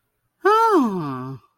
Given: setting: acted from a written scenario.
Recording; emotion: vocal sound without words; realization